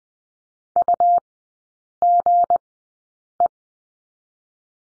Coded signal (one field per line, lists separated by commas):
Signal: Morse code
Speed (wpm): 20 wpm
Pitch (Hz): 700 Hz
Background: none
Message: UGE